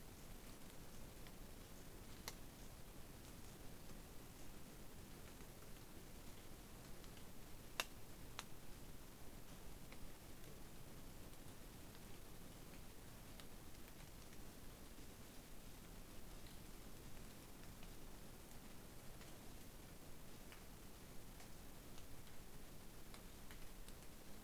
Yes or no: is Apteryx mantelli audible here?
no